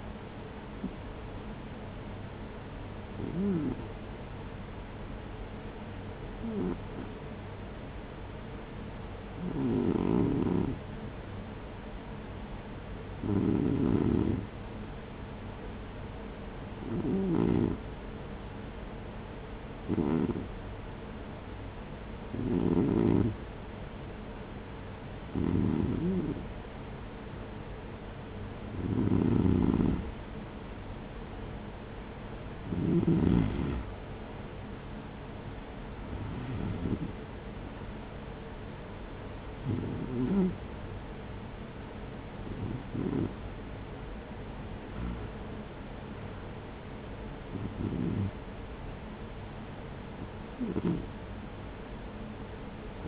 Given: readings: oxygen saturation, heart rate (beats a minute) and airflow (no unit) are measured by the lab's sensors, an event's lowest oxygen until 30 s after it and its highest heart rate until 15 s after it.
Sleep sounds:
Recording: breathing in sleep by a voice recorder at the bedside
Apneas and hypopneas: 1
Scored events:
3.00-31.50 s: hypopnea (REM, oxygen 96% highest, then 93% lowest, heart rate 54 at the start, 56 highest)
From the record:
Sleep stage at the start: REM sleep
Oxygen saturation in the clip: 93 to 96%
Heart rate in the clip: 50 to 60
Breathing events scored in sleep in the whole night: 210 in 6.9 hours asleep

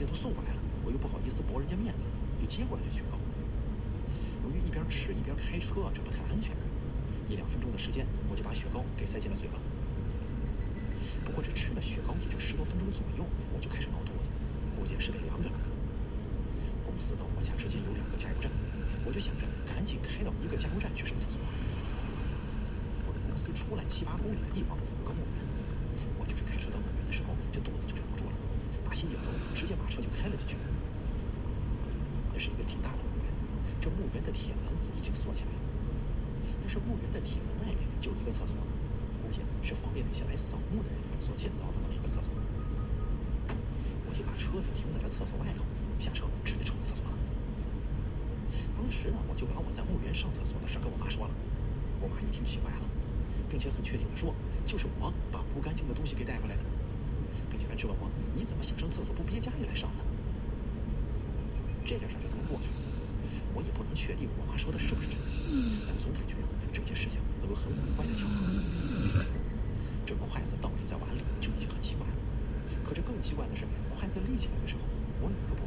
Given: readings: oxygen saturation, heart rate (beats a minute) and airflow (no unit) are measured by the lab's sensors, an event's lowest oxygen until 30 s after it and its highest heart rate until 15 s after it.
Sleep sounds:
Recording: breathing in sleep by a smartphone at the bedside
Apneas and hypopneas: 1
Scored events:
47.00-69.70 s: hypopnea (N2, oxygen 96% highest, then 91% lowest)
From the record:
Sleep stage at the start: N2 (light sleep)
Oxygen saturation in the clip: 92 to 96%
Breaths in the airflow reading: 22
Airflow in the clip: -3.9 to 6.8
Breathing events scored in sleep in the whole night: 335 in 6.7 hours asleep

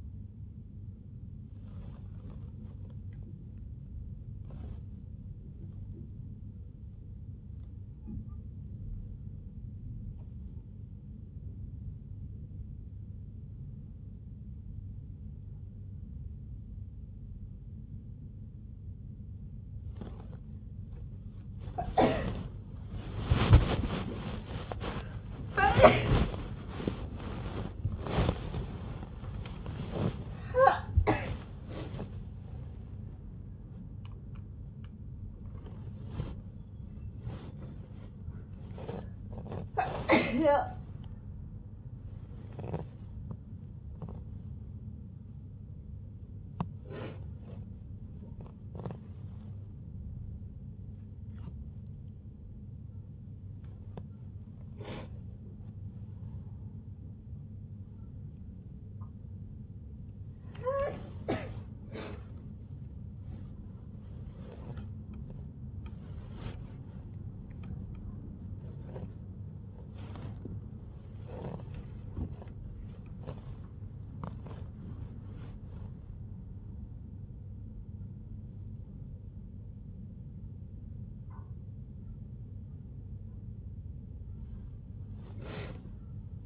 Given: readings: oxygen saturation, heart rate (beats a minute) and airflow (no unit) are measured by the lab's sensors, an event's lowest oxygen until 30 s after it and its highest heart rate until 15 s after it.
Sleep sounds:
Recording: a person awake in a sleep study, by a smartphone at the bedside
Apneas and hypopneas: none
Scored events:
0.00-86.46 s: awake
From the record:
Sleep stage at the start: awake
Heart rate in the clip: 60 to 107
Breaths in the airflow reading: 30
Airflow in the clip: -0.9 to 1.1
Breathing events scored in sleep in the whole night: 51 in 8.9 hours asleep

